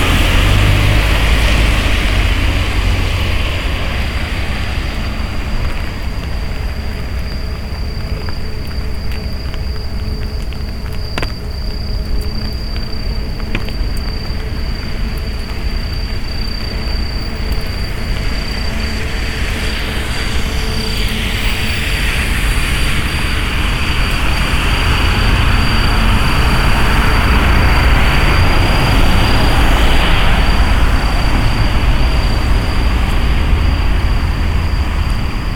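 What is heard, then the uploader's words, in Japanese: A night walk outdoors, with a steady low rumble of traffic throughout and a thin, constant high whine above it. Around 20 seconds a vehicle seems to swell louder before easing off near the end. A single sharp tick sounds near 11 seconds. とある日のエナジードリンク回に行く夜道。収録の前に飲んでいるエナジードリンクを切らしてたので、買いに夜の散歩に出かけました。台風の前の日でしたが、なんとか大丈夫でした。Mic: Mu6 Lifelike2。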